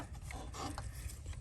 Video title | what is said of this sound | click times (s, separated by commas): 2012 Hyundai Veloster: water pump, thermostat, coolant temp sensor replacement and heater unit mod | Click this in to the alternator body. | 0.3 s, 0.8 s